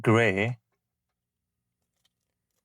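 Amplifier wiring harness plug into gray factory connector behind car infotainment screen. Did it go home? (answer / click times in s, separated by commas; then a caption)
no / none. Someone talks briefly as the large plug of a Beat-Sonic plug-and-play amplifier wiring harness is handled at the gray factory connector behind the head unit infotainment screen of a 2025 Toyota Camry. The rest is near silence, with only one faint tick around 2.1 seconds. Nothing has seated or clicked yet.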